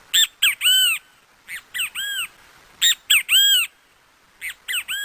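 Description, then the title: Great kiskadee uttering harsh, squawky three- to four-note phrases, four bursts in quick succession with brief pauses, loud over a quiet background. Song, at an open-air classroom in Parque Avellaneda. "Canto Del Benteveo Aula A Cielo Abierto Parque Avellaneda"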